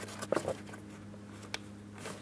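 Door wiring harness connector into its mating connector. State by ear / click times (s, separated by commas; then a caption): seated / 1.5 s. A plastic door wiring harness electrical connector on a 2008-2016 Chrysler Town & Country is pressed into its mating connector, with soft handling knocks around 0.4 and 0.5 s. A sharp, brief click at 1.5 s marks it latching and seating, and a light tug afterward checks that it is secured.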